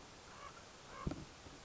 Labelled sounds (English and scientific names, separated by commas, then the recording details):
Common Raven (Corvus corax)
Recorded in Sonoma County, California